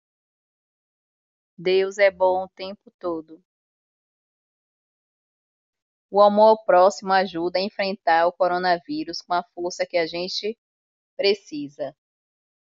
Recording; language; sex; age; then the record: spoken sentence; Brazilian Portuguese; female; 40 to 49 years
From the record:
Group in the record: control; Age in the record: 45 years